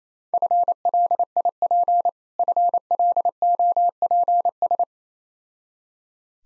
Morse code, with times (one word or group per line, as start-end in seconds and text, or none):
0.3-2.1 FLIP
2.4-4.8 FLOPS